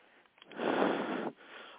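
A single sharp nasal sniff of about two-thirds of a second from an adult in a quiet room.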